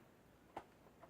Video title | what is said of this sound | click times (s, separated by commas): Hatsan 105X Torpedo .25 Review | locks in place | 0.6 s